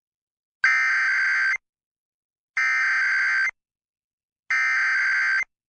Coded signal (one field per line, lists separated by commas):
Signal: Emergency Alert System (SAME) tones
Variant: header bursts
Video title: Thursday Weekly and Monthly Tests (EAS #10010-10022) 3/2/23